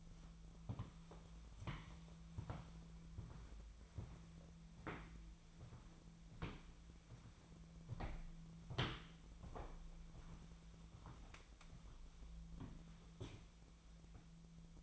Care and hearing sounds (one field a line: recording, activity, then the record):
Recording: daily activity, microphone in the room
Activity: walk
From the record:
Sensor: 1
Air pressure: 1008.4 hPa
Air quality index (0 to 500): 189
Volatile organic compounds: 17 ppm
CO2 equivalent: 2563 ppm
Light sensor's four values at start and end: 18/47/19/22 and 19/47/19/22